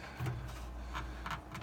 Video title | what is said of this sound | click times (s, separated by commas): How To Dolby 5.1 Connect Digital Audio Charter Comcast Cable for Dolby 5.1 Surround Sound | And there, that clicked. | 1.5 s